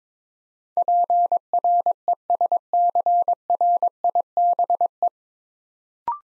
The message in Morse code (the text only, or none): PRESCRIBE